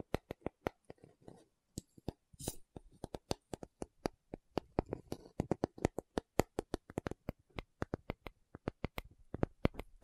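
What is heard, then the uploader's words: A tapping session of sharp, dry taps in irregular bursts, sparse at first and growing quicker and denser after about four seconds. Each tap is crisp and bright with a short thud beneath, and a soft rustle around two and a half seconds. ASMR 1 Hour Tapping Session (No Talking).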